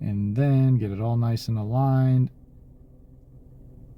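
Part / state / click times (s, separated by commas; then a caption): trolley shaft into the gym machine pulley carriage / not seated / none. A trolley shaft is held upright and lined up with a finger through the top hole of the pulley carriage on a Nautilus or Star Trac dual adjustable pulley or multi-station hi-lo gym machine, before it is pushed home. Someone talks for about the first 2.3 seconds, then only a faint low background hum remains. Nothing has seated or clicked yet.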